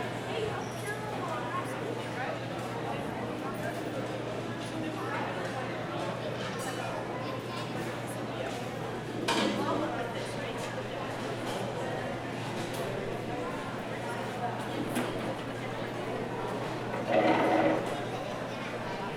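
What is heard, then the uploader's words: Crowd noise in the middle of a mall: a dense, steady murmur of many overlapping voices with no single speaker standing out. A constant low hum runs underneath. Brief louder swells of chatter rise around nine and again near seventeen seconds, with occasional faint clinks. In the Middle of the Mall.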